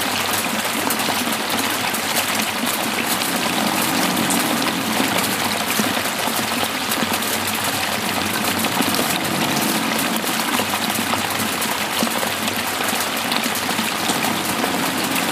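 Rain falling on a bivouac tarp at a mountain lake in the Alps, a dense, steady hiss that holds at an even level for the whole clip. Countless fine drop impacts crackle through the bright wash, with a soft low rumble beneath.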